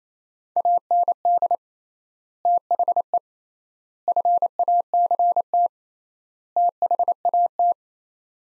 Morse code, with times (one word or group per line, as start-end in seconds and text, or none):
0.6-1.6 AND
2.5-3.2 THE
4.1-5.7 FACT
6.6-7.7 THAT